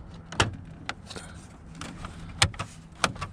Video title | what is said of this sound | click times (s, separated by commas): 2004 Silverado Factory Fog light upgrade install | we're just going to slide this in until you hear the clicks | 0.9 s, 2.4 s, 3.0 s